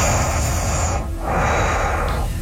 That's all nose. Some heavy nose breathing. Yeah, it's all nasal passage. that's like almost a vacuum cleaner. It's got like an echoey quality to it. It sounds like a CPAP machine.